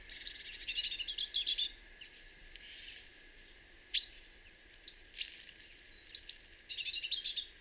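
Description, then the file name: Great tit giving buzzy chatter in short rattling bursts, separated by a stretch of near quiet and single sharp high notes. "Parus major"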